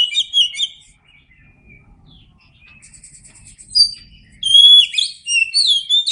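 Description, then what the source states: Oriental magpie-robin warbling a varied run of high whistles, pausing amid soft low rumble, then breaking into a louder, sweeping whistled phrase. Known by the Indonesian name kacer; described as gacor, singing often and vigorously.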